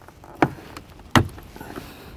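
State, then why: Seated. A plastic K-Source Snap & Zap custom towing mirror housing is slid on and pushed up at the bottom over a vehicle's factory side mirror. A sharp knock sounds at 0.4 s and a faint tap at 0.8 s, then a loud snap at 1.2 s as its clips snap into place and the housing seats on the mirror.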